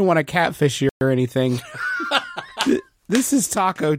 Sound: laughing and clapping